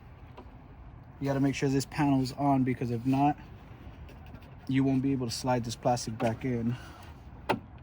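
Someone talks while handling the plastic rear window seal trim on a 2016 BMW X1 F48 during rear window replacement, getting it ready to press back onto its rear door panel, which must be on for the plastic to slide back in. A brief sharp tap is heard near 7.5 s, but the trim has not yet popped into place or seated.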